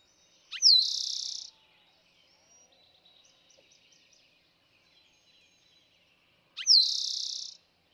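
Eastern towhee song given twice, about six seconds apart, each phrase a short introductory burst and a long buzzy trill, with soft chirps in the gap.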